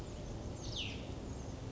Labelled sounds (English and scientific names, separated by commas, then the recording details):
Cassin's Vireo (Vireo cassinii)
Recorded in Sonoma County, California